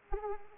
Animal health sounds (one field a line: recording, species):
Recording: mosquito wingbeat signal from an infrared sensor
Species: Anopheles arabiensis